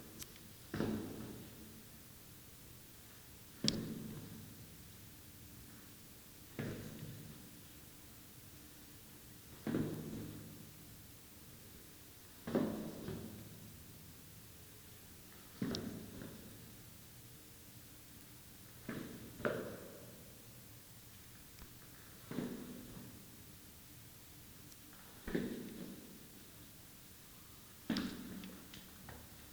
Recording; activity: daily activity, guitar pickup as the sensor; go downstairs